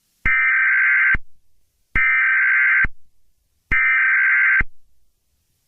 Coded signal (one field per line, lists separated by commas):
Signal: Emergency Alert System (SAME) tones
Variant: header bursts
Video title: EAS Scenario: SCP-3008, “The Infinite IKEA”